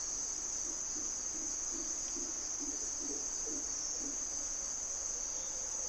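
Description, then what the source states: Mantled howler monkeys utter a series of short, deep grunting pulses, set against a constant shrill buzz of insects. Mantled howlers (Monos Congos) waking the jungle at morning twilight, Parque Nacional Corcovado, Osa Peninsula, Costa Rica; distinctive grunts; males audible for several kilometres, thought loudest land mammal.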